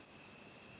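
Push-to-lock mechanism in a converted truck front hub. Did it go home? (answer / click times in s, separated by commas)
no / none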